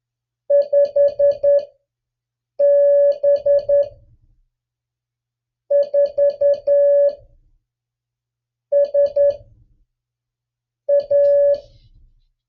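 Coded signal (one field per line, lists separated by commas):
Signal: Morse code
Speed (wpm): 11 wpm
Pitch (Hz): 570 Hz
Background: music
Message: 5B4SA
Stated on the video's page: Mixed USA and DX call sign copy practice in Morse at three different speeds.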